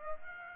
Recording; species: mosquito wingbeat signal from an infrared sensor; Aedes aegypti